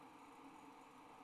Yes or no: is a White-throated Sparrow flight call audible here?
no